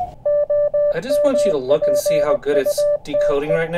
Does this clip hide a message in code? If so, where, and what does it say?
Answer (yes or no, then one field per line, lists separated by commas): yes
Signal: Morse code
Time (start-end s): 0.3-3.6 s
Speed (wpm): 20 wpm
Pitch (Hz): 590 Hz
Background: speech, music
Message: OMPUTE